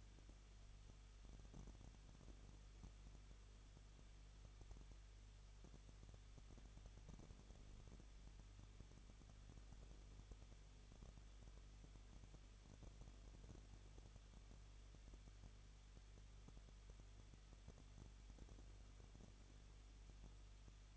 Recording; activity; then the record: daily activity, microphone in the room; no activity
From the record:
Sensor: 4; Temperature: 23.0 degrees Celsius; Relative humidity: 34.1%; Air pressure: 1007.4 hPa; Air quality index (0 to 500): 214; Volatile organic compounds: 14 ppm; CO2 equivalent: 2461 ppm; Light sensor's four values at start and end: 2/3/1/1 and 2/3/1/1